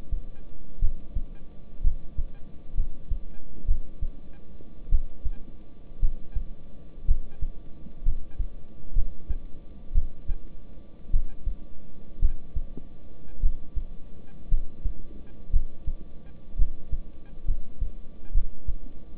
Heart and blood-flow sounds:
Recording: heart sounds by stethoscope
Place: between the tricuspid and mitral areas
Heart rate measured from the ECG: 58 bpm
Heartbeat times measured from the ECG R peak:
0.79 s: heartbeat
1.82 s: heartbeat
2.75 s: heartbeat
3.66 s: heartbeat
4.89 s: heartbeat
6.00 s: heartbeat
7.06 s: heartbeat
8.03 s: heartbeat
8.94 s: heartbeat
9.93 s: heartbeat
11.11 s: heartbeat
12.20 s: heartbeat
13.40 s: heartbeat
14.49 s: heartbeat
15.51 s: heartbeat
16.56 s: heartbeat
17.46 s: heartbeat
18.32 s: heartbeat
From the record:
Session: rest, lying down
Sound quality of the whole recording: good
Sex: male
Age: 26 years

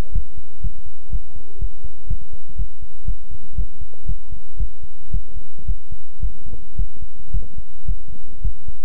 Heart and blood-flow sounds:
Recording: heart sounds by stethoscope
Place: between the tricuspid and mitral areas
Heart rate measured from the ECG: 116 bpm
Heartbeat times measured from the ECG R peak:
0.12 s: heartbeat
0.60 s: heartbeat
1.10 s: heartbeat
1.58 s: heartbeat
2.07 s: heartbeat
2.56 s: heartbeat
3.05 s: heartbeat
3.55 s: heartbeat
4.06 s: heartbeat
4.57 s: heartbeat
5.11 s: heartbeat
5.65 s: heartbeat
6.20 s: heartbeat
6.76 s: heartbeat
7.31 s: heartbeat
7.85 s: heartbeat
8.41 s: heartbeat
From the record:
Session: pedaling a stationary bicycle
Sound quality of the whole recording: good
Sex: male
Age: 24 years

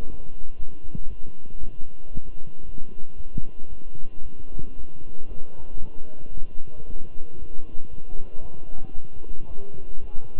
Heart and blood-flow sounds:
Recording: heart sounds by stethoscope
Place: between the tricuspid and mitral areas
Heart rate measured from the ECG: 115 bpm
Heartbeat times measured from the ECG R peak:
0.10 s: heartbeat
0.58 s: heartbeat
1.08 s: heartbeat
1.59 s: heartbeat
2.12 s: heartbeat
2.65 s: heartbeat
3.16 s: heartbeat
3.69 s: heartbeat
4.22 s: heartbeat
4.75 s: heartbeat
5.28 s: heartbeat
5.80 s: heartbeat
6.33 s: heartbeat
6.86 s: heartbeat
7.38 s: heartbeat
7.90 s: heartbeat
8.41 s: heartbeat
8.94 s: heartbeat
9.47 s: heartbeat
10.00 s: heartbeat
From the record:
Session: walking at 3.7 km/h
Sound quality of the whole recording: good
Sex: male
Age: 23 years

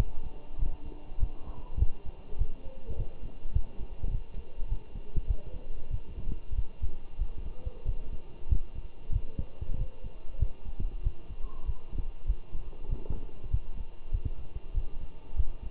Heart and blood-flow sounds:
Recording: heart sounds by stethoscope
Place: between the tricuspid and mitral areas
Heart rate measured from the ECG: 97 bpm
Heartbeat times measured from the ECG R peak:
0.59 s: heartbeat
1.20 s: heartbeat
1.80 s: heartbeat
2.39 s: heartbeat
2.97 s: heartbeat
3.54 s: heartbeat
4.11 s: heartbeat
4.69 s: heartbeat
5.28 s: heartbeat
5.91 s: heartbeat
6.56 s: heartbeat
7.19 s: heartbeat
7.86 s: heartbeat
8.49 s: heartbeat
9.13 s: heartbeat
9.78 s: heartbeat
10.40 s: heartbeat
11.04 s: heartbeat
11.66 s: heartbeat
12.28 s: heartbeat
12.90 s: heartbeat
13.51 s: heartbeat
14.13 s: heartbeat
14.74 s: heartbeat
15.37 s: heartbeat
From the record:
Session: walking at 3.7 km/h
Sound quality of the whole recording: good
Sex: male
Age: 23 years

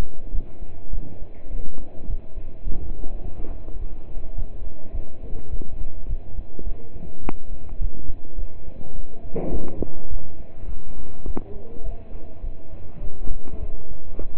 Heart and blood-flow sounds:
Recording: heart sounds by stethoscope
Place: between the tricuspid and mitral areas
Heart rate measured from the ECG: 104 bpm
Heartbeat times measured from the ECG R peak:
0.34 s: heartbeat
0.93 s: heartbeat
1.52 s: heartbeat
2.09 s: heartbeat
2.67 s: heartbeat
3.23 s: heartbeat
3.80 s: heartbeat
4.37 s: heartbeat
4.94 s: heartbeat
5.52 s: heartbeat
6.09 s: heartbeat
6.66 s: heartbeat
7.24 s: heartbeat
7.81 s: heartbeat
8.38 s: heartbeat
8.96 s: heartbeat
9.53 s: heartbeat
10.11 s: heartbeat
10.69 s: heartbeat
11.27 s: heartbeat
11.85 s: heartbeat
12.44 s: heartbeat
13.03 s: heartbeat
13.61 s: heartbeat
14.20 s: heartbeat
From the record:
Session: pedaling a stationary bicycle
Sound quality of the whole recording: partially saturated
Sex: male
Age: 27 years

